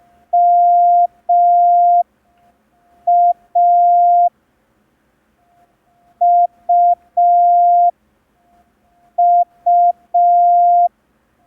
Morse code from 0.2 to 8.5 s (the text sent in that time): M A U